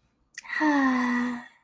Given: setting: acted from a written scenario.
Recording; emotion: vocal sound without words; contentment